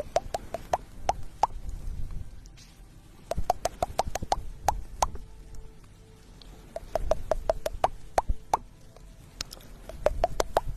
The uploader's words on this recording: Ear picking and ear massage, experience instant sleep.